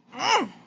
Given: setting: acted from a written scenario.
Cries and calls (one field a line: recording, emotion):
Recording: vocal sound without words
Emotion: desire